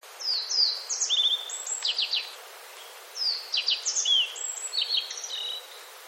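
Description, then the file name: Japanese yellow bunting song: two bright phrases about two seconds long, each mixing clear high whistles, falling slurs and quick trilled notes, separated by a short pause. "nojiko"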